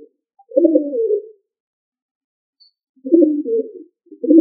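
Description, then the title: Pigeon cooing, low soft rolling coos in phrases about a second long, one at the start and another near three seconds, with a third beginning at the end. "LuckyFamilia ColumbidaePombaSama"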